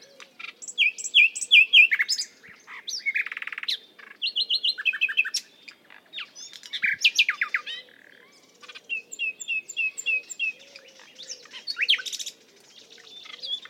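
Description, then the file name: Common nightingale song: varied rapid phrases of repeated chirps, trills and a buzzy rattle, separated by short pauses. "Luscinia megarhynchos"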